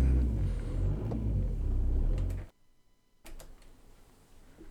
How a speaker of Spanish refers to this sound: Es el típico coche que arrastra los botes, eso de cuando te casas.